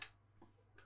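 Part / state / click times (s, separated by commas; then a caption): brick-built game cartridge into brick-built console slot / not seated / none. A plastic brick-built game cartridge is handled at the slot of a brick-built LEGO Nintendo Entertainment System console, giving a sharp light tick at the start, a faint knock around 0.4 s, and another short tick near 0.8 s over a steady low hum. Nothing has seated or clicked into place yet.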